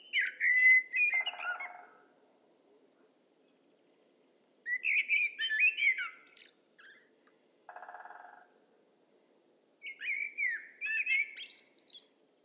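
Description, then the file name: Common blackbird song in three phrases of mellow warbles and shrill twitters, with two brief dry buzzy rattles, one at the end of the first phrase and one before the last. "Turdus merula"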